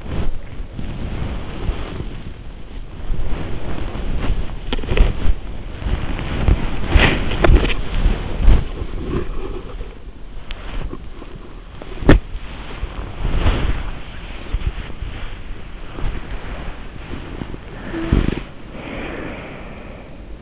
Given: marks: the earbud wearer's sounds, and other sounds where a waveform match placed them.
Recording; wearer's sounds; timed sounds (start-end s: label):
sounds in sleep by an in-ear microphone; body movement, breath
0.00-20.42 s: body movement
18.81-20.42 s: breath